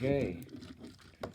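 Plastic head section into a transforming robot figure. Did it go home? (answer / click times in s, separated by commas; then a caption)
yes / 1.2 s. Someone talks at the start while lining up the parts of a transforming robot figure so everything snaps into place. The plastic head section then clicks home with a sharp snap at 1.2 s, and it is seated.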